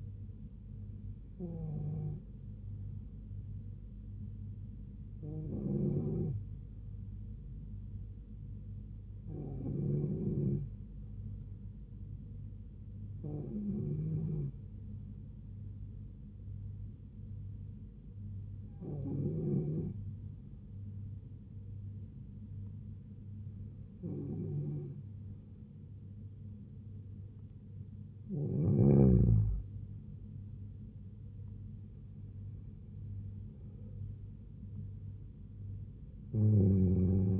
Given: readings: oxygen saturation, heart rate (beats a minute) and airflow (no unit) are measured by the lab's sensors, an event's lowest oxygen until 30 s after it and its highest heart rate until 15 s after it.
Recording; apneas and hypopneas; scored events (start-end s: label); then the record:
breathing in sleep by a smartphone at the bedside; none
none scored
From the record:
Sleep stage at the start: N2 (light sleep); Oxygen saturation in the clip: 92 to 93%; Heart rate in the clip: 70 to 76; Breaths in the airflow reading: 8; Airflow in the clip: -4.5 to 4.3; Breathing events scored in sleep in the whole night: 158 in 7.3 hours asleep